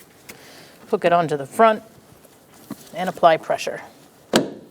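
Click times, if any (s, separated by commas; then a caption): 4.4 s. A plastic coolant reservoir tank for a 2012-2018 Ford Focus is hooked onto the front mounting bracket in the engine bay and pressed down while someone talks. A single sharp snap at 4.4 s shows the reservoir seating into its bracket.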